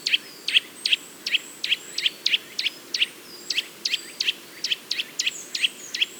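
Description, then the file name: Eurasian nuthatch calls: rapid, uneven run of piercing high notes, some doubled, against faint background noise. "Sitta europaea"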